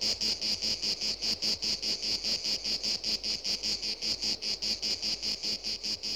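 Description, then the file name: Shrill cicada buzzing in a rapid, regular throbbing pattern, continuous and unchanging for the whole stretch. "Animal Cicadas"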